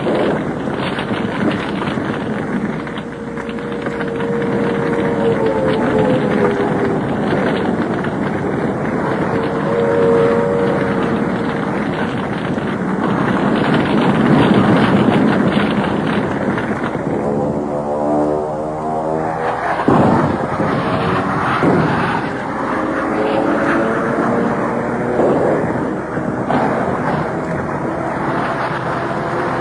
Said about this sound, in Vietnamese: Khi máy bay Mỹ đã đi rồi, tôi đang băn khoăn là bên ngoài Hà Nội những gì đã xảy ra sau một trận không tập của hàng trăm máy bay Mỹ đủ các loại.